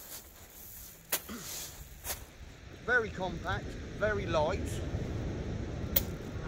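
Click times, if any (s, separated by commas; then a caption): 6.0 s. A Tronixpro beach fishing trolley's folding frame is folded and snaps into its locking catch with one sharp click at 5.9 s, locking it into place. Someone talks beforehand over background noise, with a few earlier knocks and rattles.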